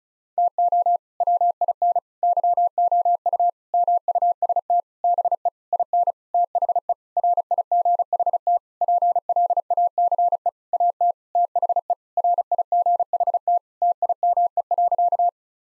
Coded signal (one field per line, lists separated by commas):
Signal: Morse code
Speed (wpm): 36 wpm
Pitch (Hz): 700 Hz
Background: none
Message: TO WIN YOU MUST BE IN THE RIGHT PLACE AT THE RIGHT TIME.